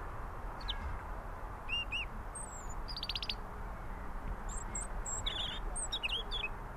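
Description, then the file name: European robin singing scattered high, thin notes and brief rapid trills, over persistent low-pitched background noise. "Erithacus rubecula"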